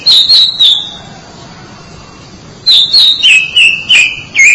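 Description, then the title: Oriental magpie-robin singing quick clear whistled notes, a short burst, a two-second pause, then a longer series dropping in pitch. "Suara Kicauan Burung Kacer Durasi Panjang"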